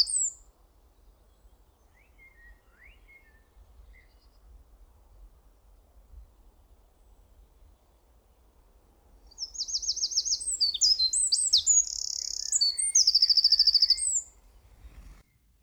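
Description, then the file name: Eurasian wren song near the end: a loud, rapid run of high trills and rattling notes after a quiet start with a few faint bird notes. "Troglodytes troglodytes"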